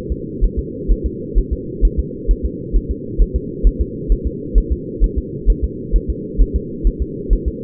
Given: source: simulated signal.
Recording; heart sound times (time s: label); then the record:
fetal heart sounds
0.12 s: S2
0.44 s: S1
0.59 s: S2
0.91 s: S1
1.06 s: S2
1.38 s: S1
1.53 s: S2
1.85 s: S1
2.00 s: S2
2.31 s: S1
2.46 s: S2
2.76 s: S1
2.91 s: S2
3.22 s: S1
3.36 s: S2
3.67 s: S1
3.81 s: S2
4.12 s: S1
4.27 s: S2
4.58 s: S1
4.72 s: S2
5.04 s: S1
5.18 s: S2
5.50 s: S1
5.64 s: S2
5.96 s: S1
6.10 s: S2
6.41 s: S1
6.56 s: S2
6.87 s: S1
7.02 s: S2
7.33 s: S1
7.48 s: S2
From the record:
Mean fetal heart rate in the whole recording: 130 bpm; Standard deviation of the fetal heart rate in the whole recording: 2 bpm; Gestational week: 36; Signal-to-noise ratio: -4.1 dB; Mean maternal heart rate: no maternal heart sound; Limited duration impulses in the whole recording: absent